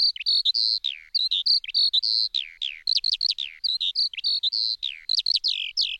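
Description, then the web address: Eurasian skylark song: a fast, continuous stream of high chirps, trills and slurred whistles with brief gaps, no other sounds. "Sanglarke"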